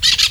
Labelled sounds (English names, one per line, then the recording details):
Brown-throated Parakeet contact call
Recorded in Venezuela
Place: Guárico; Corozopando; Fundo La Fe
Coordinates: 8.506, -67.593